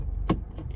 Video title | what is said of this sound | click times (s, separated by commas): Mobile Car Mechanic - Installing VIOFO A119 V3 Dash Cam | all right now we're gonna go ahead and attach it back to the module here you should hear a click | 0.3 s